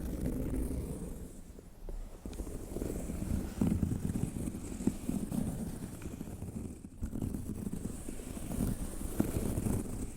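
Scratching on leather bags, heard as a dense, low, rough rubbing that rumbles on almost without break. It eases briefly around two seconds and again near seven before resuming, with scattered small clicks and ticks throughout.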